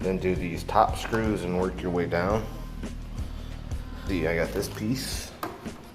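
During reassembly of a Shark Navigator vacuum being repaired for no suction and a broken brush rotator, a plastic cover piece is handled and pressed toward its place in the brush-roll floor-head housing while someone talks. Faint handling knocks are heard around 2.8 s and 3.7 s. The clip ends before the piece goes home, so nothing has seated or clicked yet.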